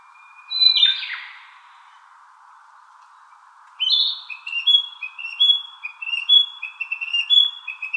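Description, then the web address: Narcissus flycatcher song: a single bright downslurred note, then after a pause a quick run of short whistled phrases repeated roughly twice a second, over a steady background hum. 19 April 2018. "birdenaga kibitaki"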